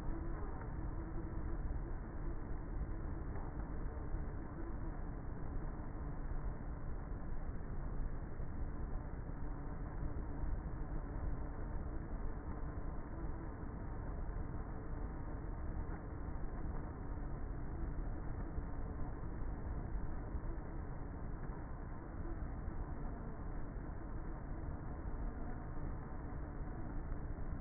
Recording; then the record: honeybee colony, microphone inside the hive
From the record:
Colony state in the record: queenless with a low population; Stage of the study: before two queens were removed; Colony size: about 30,000 bees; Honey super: no